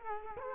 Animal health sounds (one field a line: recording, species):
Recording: mosquito wingbeat signal from an infrared sensor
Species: Culex quinquefasciatus